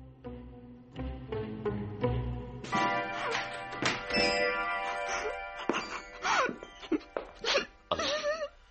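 A woman sobs and wails, her voice rising in strained, pitched cries with shaky breaths and gulps between them, loud and broken into uneven bursts.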